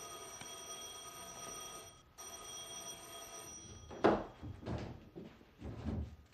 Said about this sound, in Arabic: من حوالي سنه واكتر، لقيت الجرس بيرن.